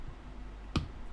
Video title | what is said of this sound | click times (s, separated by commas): 🔴LIVE. Finishing Tag Heuer Aquaracer SW 200-1 | And you'll hear a click of the cap fitting. | 0.8 s